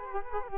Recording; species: mosquito wingbeat signal from an infrared sensor; Culex quinquefasciatus